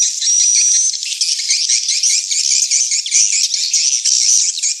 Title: Am thanh nha yen Akau Vietnam - Tien giang